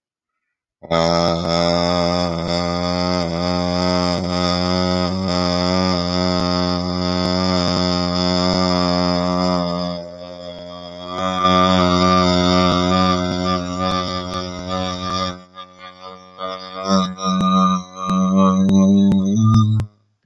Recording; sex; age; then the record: vowel held as long as possible; male; 30 to 39 years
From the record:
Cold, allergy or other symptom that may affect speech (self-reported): no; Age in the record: 39 years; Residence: Pennsylvania, United States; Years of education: 17